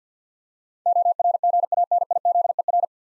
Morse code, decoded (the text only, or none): ORGANIZER